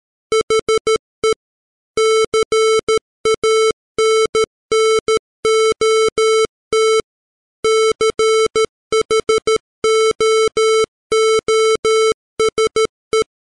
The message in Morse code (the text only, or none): HE CANNOT CHOOSE